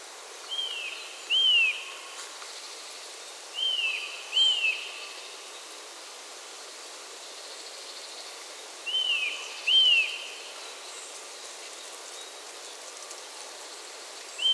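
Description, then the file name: Eurasian nuthatch calling in paired, down-slurred whistled notes, the pairs spaced several seconds apart, against a faint continuous background hiss. "Sitta europaea"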